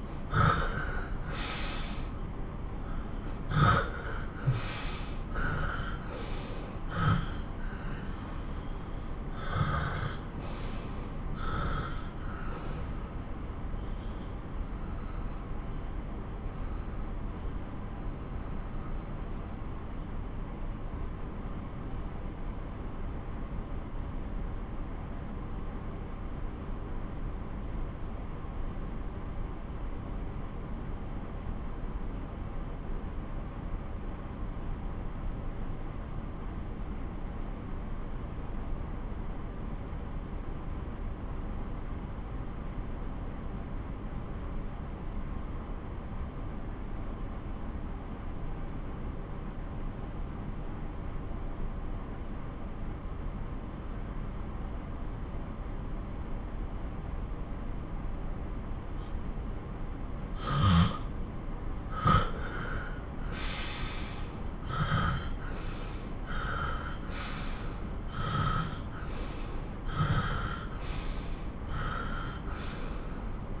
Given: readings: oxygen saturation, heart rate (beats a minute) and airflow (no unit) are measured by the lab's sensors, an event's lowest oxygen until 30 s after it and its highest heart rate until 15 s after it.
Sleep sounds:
breathing in sleep by a smartphone at the bedside; 1
13.00-60.40 s: obstructive apnea (N1, oxygen 96% highest, then 81% lowest)
17.00-47.00 s: new sleep stage, N2 (light sleep)
47.00-73.60 s: new sleep stage, N1 (lightest sleep)
From the record:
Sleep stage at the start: N1 (lightest sleep); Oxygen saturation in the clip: 77 to 96%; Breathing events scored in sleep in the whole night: 217 in 6.3 hours asleep

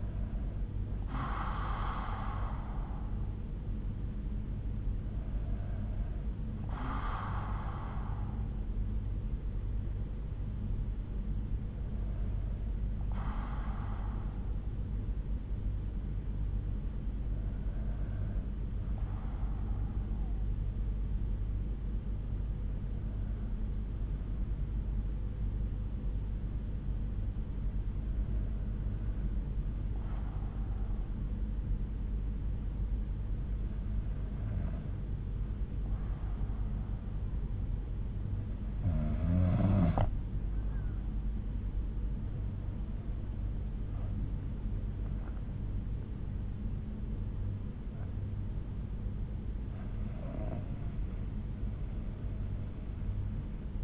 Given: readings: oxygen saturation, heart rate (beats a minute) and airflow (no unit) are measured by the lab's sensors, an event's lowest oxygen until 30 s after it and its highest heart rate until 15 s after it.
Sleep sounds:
breathing in sleep by a smartphone at the bedside; 1
11.00-38.00 s: hypopnea (N2, oxygen 95% highest, then 92% lowest, heart rate 58 at the start, 74 highest)
From the record:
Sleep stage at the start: N2 (light sleep); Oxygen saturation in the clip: 92 to 95%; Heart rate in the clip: 58 to 74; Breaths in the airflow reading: 10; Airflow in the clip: -7.0 to 6.6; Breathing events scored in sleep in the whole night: 368 in 8.0 hours asleep

